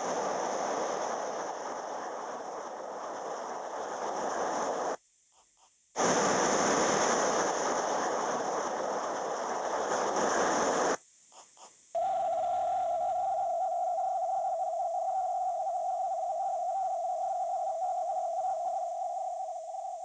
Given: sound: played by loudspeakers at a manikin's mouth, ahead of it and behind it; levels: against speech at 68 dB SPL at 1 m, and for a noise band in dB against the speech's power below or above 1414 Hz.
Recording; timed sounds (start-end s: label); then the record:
test signals for a remote microphone
0.00-4.95 s: speech-spectrum noise, 0 dB
5.95-10.95 s: speech-spectrum noise, +10 dB
11.95-20.05 s: noise band at 707 Hz, as loud as that band is in speech
From the record:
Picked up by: remote microphone B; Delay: 24 ms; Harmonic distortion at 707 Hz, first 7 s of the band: under -29 dB